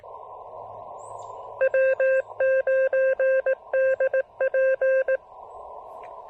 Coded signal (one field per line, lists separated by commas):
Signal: Morse code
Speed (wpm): 18 wpm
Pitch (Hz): 1600 Hz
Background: radio noise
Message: W9DP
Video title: Super Low Power POTA, Rough Propagation, and Testing my new Begali Adventure Paddle!